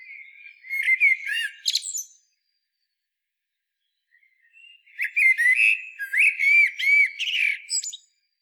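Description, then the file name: Common blackbird song in two loud bursts, each a rich fluted warble mixed with high squeaky notes, separated by a silent gap. "Turdus merula"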